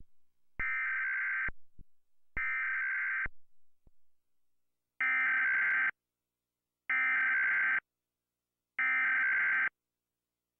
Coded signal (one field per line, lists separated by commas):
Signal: Emergency Alert System (SAME) tones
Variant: header bursts